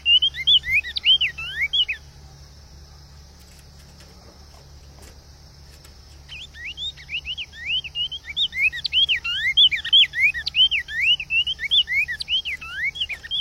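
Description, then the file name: Cinnamon Tanager singing fast, swooping whistled notes in a short burst, then a pause of several seconds, then a longer, steady stream of rising-and-falling whistles. "Canto do bico de veludo"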